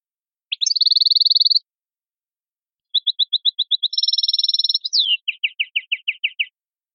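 Canary song: a fast trill, a pause, then a series of clipped repeated notes running into another rapid trill, a down-slurred note and a string of short down-slurred chirps, with no other sounds.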